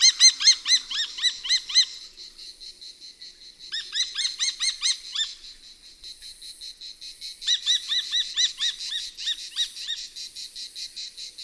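Bird calls: three bursts of quick, ringing, harmonic notes repeated in fast runs, with short quiet gaps between bursts.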